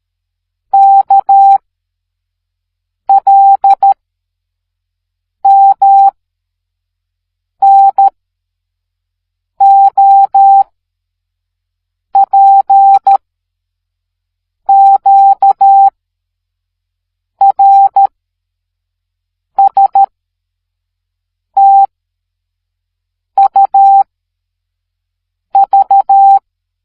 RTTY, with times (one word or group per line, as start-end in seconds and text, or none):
none